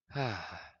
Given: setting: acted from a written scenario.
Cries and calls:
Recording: vocal sound without words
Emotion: romantic love

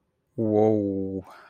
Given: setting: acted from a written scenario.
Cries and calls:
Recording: vocal sound without words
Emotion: awe

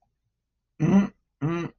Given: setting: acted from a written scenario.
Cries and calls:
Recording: vocal sound without words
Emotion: contentment

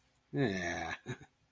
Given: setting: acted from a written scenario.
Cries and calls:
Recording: vocal sound without words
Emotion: adoration

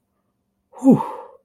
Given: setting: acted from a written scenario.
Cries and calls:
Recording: vocal sound without words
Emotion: relief

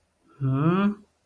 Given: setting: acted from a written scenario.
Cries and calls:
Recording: vocal sound without words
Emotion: confusion

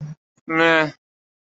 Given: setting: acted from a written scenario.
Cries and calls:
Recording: vocal sound without words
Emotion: neutral

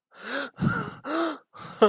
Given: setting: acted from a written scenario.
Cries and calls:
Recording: vocal sound without words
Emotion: distress

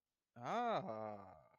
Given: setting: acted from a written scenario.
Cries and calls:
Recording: vocal sound without words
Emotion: interest

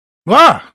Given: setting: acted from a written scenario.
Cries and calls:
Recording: vocal sound without words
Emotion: negative surprise

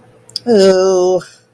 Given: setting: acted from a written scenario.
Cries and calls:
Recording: vocal sound without words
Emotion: disgust

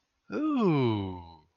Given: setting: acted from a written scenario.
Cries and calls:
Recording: vocal sound without words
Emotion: interest

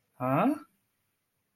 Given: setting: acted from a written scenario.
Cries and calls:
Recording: vocal sound without words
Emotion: confusion

